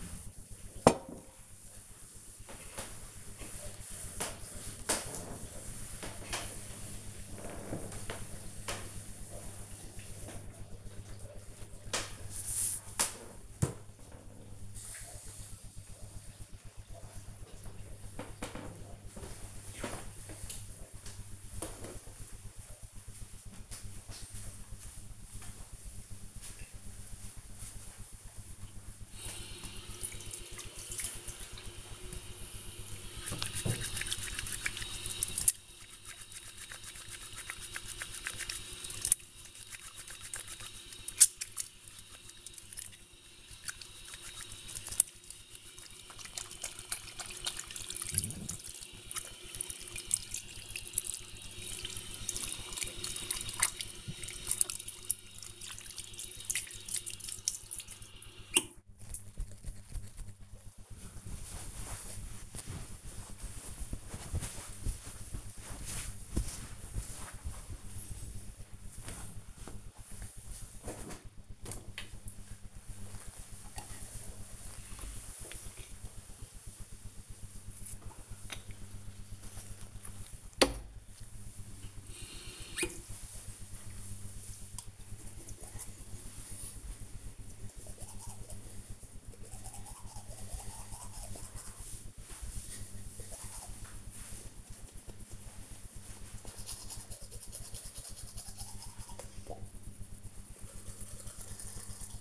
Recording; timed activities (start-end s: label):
household activities, microphone on the right wrist
0.00-10.52 s: cleaning table
27.69-59.96 s: washing hands
71.05-102.21 s: brushing teeth